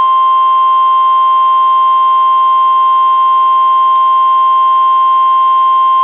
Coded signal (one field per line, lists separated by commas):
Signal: Emergency Alert System (SAME) tones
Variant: 1050 Hz attention tone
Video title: Tornado Warning for Hartford Metro on WXJ41 Hartford, Connecticut (6/22/2024) (EAS #122)